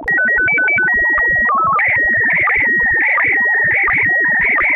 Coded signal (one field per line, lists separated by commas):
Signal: SSTV (slow-scan television)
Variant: PD 90